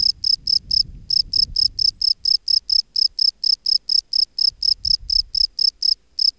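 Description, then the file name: Field cricket producing rapid shrill chirps in a steady series, with a low rumbling noise in the background early on and again near the end. "Gryllus campestris"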